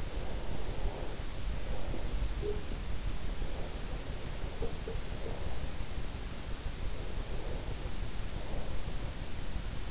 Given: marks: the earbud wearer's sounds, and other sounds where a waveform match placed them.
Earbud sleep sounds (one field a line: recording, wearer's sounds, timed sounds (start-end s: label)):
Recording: sounds in sleep by an in-ear microphone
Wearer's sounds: breath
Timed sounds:
0.00-2.97 s: breath
3.20-6.63 s: breath
6.91-9.37 s: breath